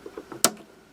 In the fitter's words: And you hear it snap.